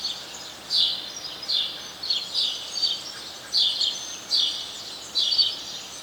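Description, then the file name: House sparrow calls, a series of short chirps spaced under a second apart, each a brief bright note, with constant low background hiss. "Passer domesticus"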